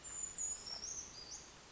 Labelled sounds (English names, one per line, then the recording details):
Brown Creeper
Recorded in Sonoma County, California